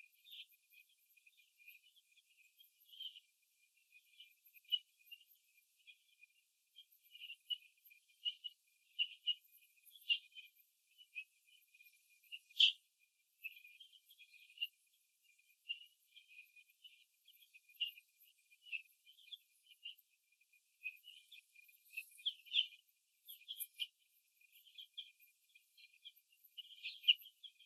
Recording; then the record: young laying hens in a cage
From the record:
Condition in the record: before the stressor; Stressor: simulated dog barking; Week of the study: 2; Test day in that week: 3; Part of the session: 2